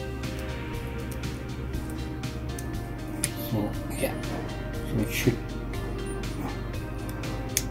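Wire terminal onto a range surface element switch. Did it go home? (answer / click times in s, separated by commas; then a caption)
yes / 7.6 s. A wire's push-on terminal is pressed onto a terminal of a replacement dual element switch for a Samsung range surface burner while someone talks over background music. A sharp click at 7.6 s marks the terminal seating onto the switch, leaving it secure so it shouldn't come out.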